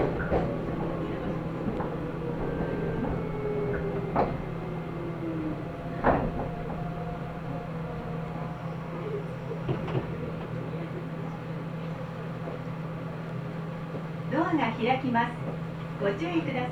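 A Nagoya Railroad Mikawa Line train carries on a steady low hum and rumble for the whole stretch. Sharp clanks and knocks land around 4, 6 and 10 seconds, with faint voices in the mix and a burst of clattering near 14 to 16 seconds.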